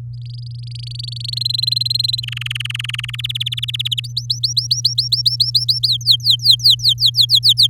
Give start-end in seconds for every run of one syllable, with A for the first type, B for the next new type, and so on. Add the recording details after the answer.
0.14-1.39 A, 1.41-2.20 B, 2.22-3.16 C, 3.18-4.00 D, 4.04-5.87 E, 5.88-7.67 F. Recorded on 8 May 2018 at 06:18. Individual llb16